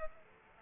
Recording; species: mosquito wingbeat signal from an infrared sensor; Aedes aegypti